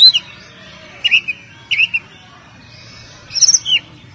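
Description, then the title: Oriental magpie-robin song of clear, bright whistled notes in short clusters, ending with a high slurred phrase; quiet between bursts. "Kacer"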